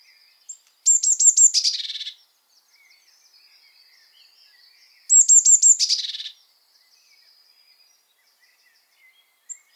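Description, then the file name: Eurasian blue tit calling: two high scolding bursts, each a few thin notes running into a buzzy churr, about four seconds apart; faint other chirps between. "Cyanistes caeruleus"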